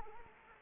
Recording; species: mosquito wingbeat signal from an infrared sensor; Anopheles arabiensis